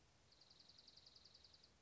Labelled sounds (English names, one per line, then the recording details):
Dark-eyed Junco
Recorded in Sonoma County, California